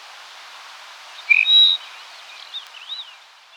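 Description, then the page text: Dupont's lark song phrase: a brief whistle, then a longer, sustained higher whistle, followed by softer slurred, wavering notes. "Duponts Lark Song. Quick Sounds"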